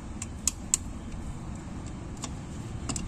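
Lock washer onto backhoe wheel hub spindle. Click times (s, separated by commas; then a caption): 0.5 s, 0.7 s. A lock washer is fitted onto the wheel hub spindle of a JCB 3C backhoe, smaller side facing in, to take up play in the wheel hub. Two sharp metallic knocks are heard at 0.5 s and 0.7 s, with fainter ticks around them over a low steady rumble. The washer seats properly in place.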